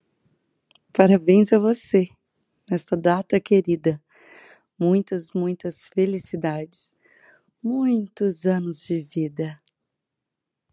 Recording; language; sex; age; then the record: short text; Brazilian Portuguese; female; 30 to 39 years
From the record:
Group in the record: control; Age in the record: 34 years